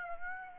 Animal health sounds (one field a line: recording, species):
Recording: mosquito wingbeat signal from an infrared sensor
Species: Aedes aegypti